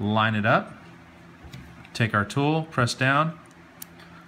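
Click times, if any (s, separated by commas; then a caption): 3.8 s. A tool presses down the spring pin joining an extra link to a Lunatik Epik Apple Watch case band, and someone talks while lining it up. A sharp click at 3.8 s marks the pin locking into its hole in the adjoining link, seated firmly and holding hard.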